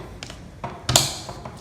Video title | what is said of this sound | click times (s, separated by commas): Stary Unboxing Video | make sure you find the right way to plug it in and you hear a click sound appear like | 1.0 s